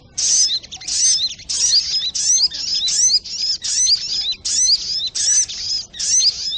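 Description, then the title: Spiderhunter singing rapid bursts of shrill, slurred notes, nearly continuous, with brief pauses between phrases. Training audio (masteran); labelled Labaik. "Sogok Ontong Labaik"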